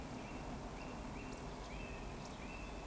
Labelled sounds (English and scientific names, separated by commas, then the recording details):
Eurasian Woodcock (Scolopax rusticola) whistle, Eurasian Woodcock (Scolopax rusticola) chase call
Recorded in Baden-Württemberg, Germany, on 11 June 2020 at 19:38 UTC
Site 14569, 102 m above sea level